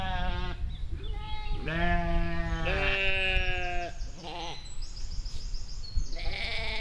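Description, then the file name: Sheep bleating repeatedly, several wavering bleats of varying pitch in quick succession, with low rumbling noise underneath. "schafe"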